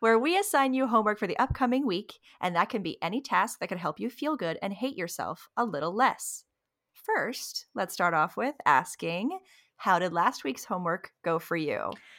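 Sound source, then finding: Speaker. Typical speech.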